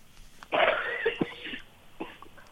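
An adult woman coughs over a narrow, phone-quality line: one strong, harsh burst with a rough trailing tail, then a smaller second cough about a second and a half later. It is a plain cough in a woman feeling unwell since April amid continuous rainy weather, taking medicine but feeling resistant to it and relying on her own immunity.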